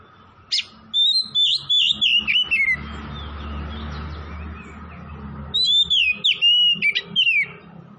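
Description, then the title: Oriental magpie-robin song: bright whistled phrases of sliding, warbling notes in a quick run, a pause of a few seconds, then another rapid burst, over a steady low hum. Tretes; singing vigorously (gacor). "Kacer Tretes"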